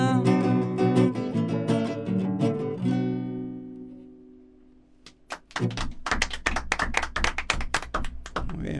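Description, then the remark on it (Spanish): A chair is struck like a drum, giving quick wooden taps and thunks in a loose rhythm. They follow a ringing, tonal passage that slowly fades out. “Muy bien, suena muy bien nuestra silla, ¿viste?”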